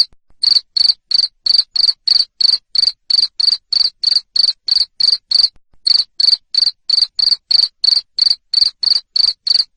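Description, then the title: Cricket chirps start after a short moment, then run steadily as high raspy pulses about three per second, with one brief pause. Cricket chirping, played to stimulate lovebirds to sing continuously. "Suara JANGKRIK NGERIK Keras Bikin LOVEBIRD Jadi NGEKEK Terus"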